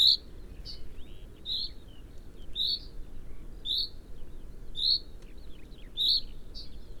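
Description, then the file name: Common chaffinch repeating sharp high call notes about once a second over a steady low rumble of background noise. "Fringilla coelebs"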